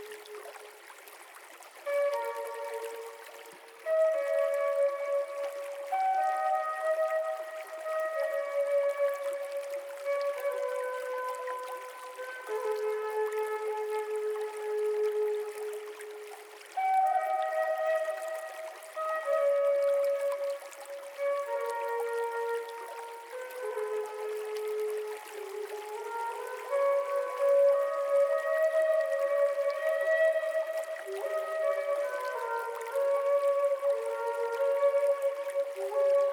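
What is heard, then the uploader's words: A flute plays slow, overlapping held notes in a soft melody over a faint steady hiss of running water, with nothing low underneath. Flutes Over a Gentle Running Stream.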